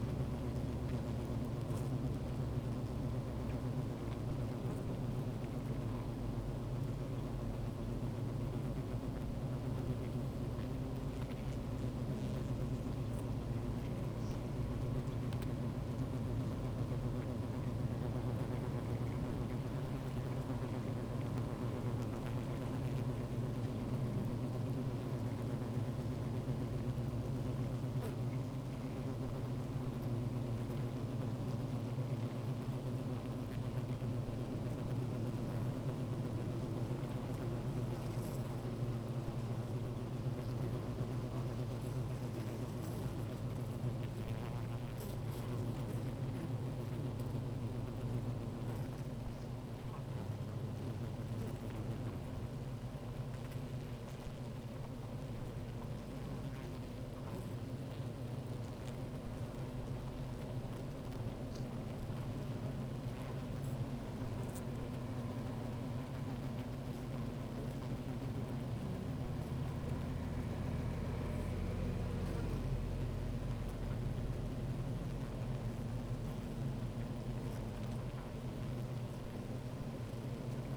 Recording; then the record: honeybee colony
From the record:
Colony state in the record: active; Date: 28 July 2017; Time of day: 15:36